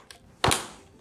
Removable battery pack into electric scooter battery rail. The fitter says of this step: 딸깍 소리가 날 때까지 쫙 땡겨 주시면 됩니다 배터리 장착은 끝이 났고요